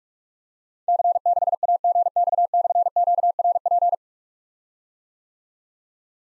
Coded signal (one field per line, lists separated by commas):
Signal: Morse code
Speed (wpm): 44 wpm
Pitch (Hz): 700 Hz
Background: none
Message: C6AGX/QRP